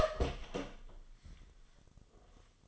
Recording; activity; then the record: daily activity, microphone in the room; open door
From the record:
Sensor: 4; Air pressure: 1005.6 hPa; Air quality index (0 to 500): 98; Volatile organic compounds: 2 ppm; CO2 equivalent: 1211 ppm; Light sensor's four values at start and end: 13/31/12/11 and 13/29/11/11